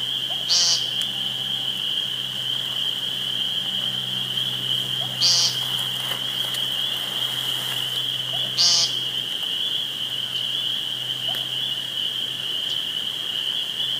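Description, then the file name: Woodcock call: three bright squeaky bursts with soft low grunts, spaced several seconds apart, over a steady high tone and faint low hum. Recorded 2 June 2013 on a phone. "2013-06-02 Woodcocki Phone"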